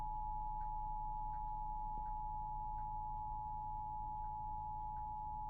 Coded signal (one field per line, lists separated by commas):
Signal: Emergency Alert System (SAME) tones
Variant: 853 and 960 Hz attention tone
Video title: eas rwt Eas #101